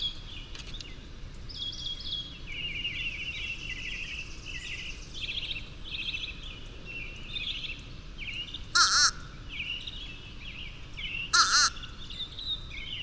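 Bird warbling a continuous run of varied high notes over steady background noise, interrupted twice by loud, harsh calls.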